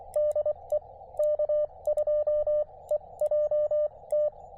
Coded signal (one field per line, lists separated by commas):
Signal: Morse code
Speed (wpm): 24 wpm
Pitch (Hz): 590 Hz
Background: radio noise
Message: DE K2EJT